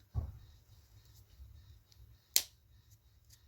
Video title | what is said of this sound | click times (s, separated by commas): How To Repair A Broken Busted Barbie Neck | so it snapped back in there | 2.4 s